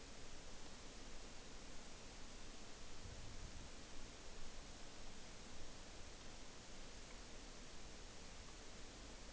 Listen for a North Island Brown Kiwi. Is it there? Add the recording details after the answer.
no. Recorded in New Zealand on 5 June 2013. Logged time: 02:19